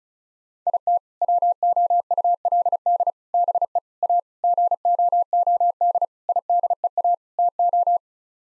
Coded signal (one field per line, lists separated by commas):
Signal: Morse code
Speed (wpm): 36 wpm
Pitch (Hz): 700 Hz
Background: none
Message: IT WOULD BE A GOOD IDEA TO